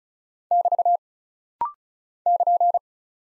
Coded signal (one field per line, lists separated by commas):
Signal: Morse code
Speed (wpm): 36 wpm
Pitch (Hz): 700 Hz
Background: none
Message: <BT> <KN>